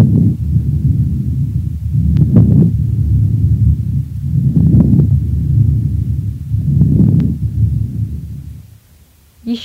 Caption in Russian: Влажные, незвонкие, мелкопузырчатые хрипы у пациента с бронхитом. Содержащие воздух альвеолы выполняют роль воздушной подушки, и звуки, возникающие в бронхах, выслушиваются плохо. В этом случае их называют незвонкими влажными хрипами.